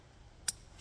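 A gear hammock's plastic corner clip is fastened into the main hammock's corner attachment on the other corner. A single sharp click sounds at 0.5 s over a quiet background, and the clip snaps into place, seated.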